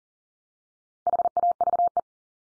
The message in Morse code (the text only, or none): HAVE